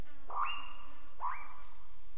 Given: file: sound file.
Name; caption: alarm squeak; The ‘squeak’ alarm of a female Albert's lyrebird, recorded at Goomburra.